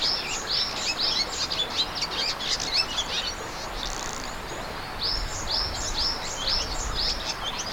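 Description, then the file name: Birds singing in a busy chorus of high chirps and short twittering phrases, overlapping and repeated rapidly throughout, over a steady background hiss. Recorded in the morning. "bird 02 morning"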